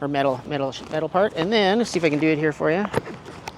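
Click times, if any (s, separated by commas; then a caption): none. Someone talks while handling a Routewerks handlebar bag, bringing it to the metal hinge mount (318 size) on a bicycle handlebar. Two brief sharp sounds come at about 3.5 s and 3.6 s, but the bag has not locked onto the mount yet and nothing has seated.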